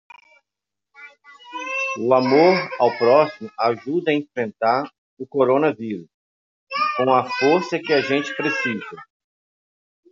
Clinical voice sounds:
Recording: spoken sentence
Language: Brazilian Portuguese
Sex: male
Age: 40 to 49 years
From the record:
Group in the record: control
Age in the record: 44 years

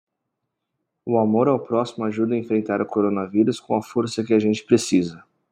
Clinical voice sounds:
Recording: spoken sentence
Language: Brazilian Portuguese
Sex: male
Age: 20 to 29 years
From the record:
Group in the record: control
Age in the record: 28 years

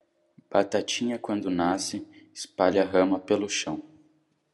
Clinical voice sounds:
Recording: short text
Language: Brazilian Portuguese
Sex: male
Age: 20 to 29 years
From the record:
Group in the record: control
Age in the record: 21 years

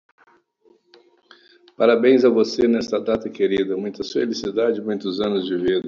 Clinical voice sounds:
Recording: short text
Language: Brazilian Portuguese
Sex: male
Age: 60 to 69 years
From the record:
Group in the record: control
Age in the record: 67 years

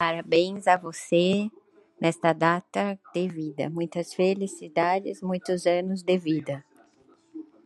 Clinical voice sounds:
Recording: short text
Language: Brazilian Portuguese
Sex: female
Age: 40 to 49 years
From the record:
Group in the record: control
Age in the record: 48 years

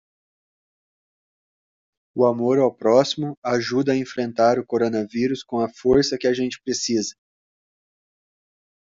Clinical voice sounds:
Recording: spoken sentence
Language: Brazilian Portuguese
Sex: male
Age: 30 to 39 years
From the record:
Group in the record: control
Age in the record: 37 years

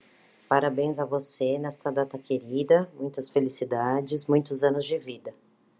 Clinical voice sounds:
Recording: short text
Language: Brazilian Portuguese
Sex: female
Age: 40 to 49 years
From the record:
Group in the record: control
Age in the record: 42 years

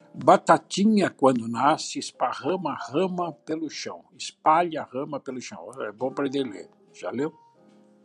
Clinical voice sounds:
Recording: short text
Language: Brazilian Portuguese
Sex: male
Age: 70 to 79 years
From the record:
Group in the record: control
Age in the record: 70 years

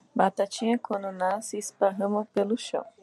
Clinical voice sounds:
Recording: short text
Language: Brazilian Portuguese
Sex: female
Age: 30 to 39 years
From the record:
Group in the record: control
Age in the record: 39 years

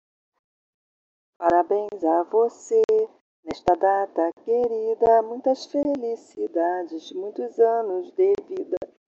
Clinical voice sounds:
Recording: short text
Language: Brazilian Portuguese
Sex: female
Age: 40 to 49 years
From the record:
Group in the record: control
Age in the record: 49 years

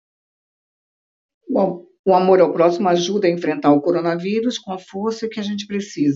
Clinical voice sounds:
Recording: spoken sentence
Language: Brazilian Portuguese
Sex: female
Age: 60 to 69 years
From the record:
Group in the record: control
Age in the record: 60 years

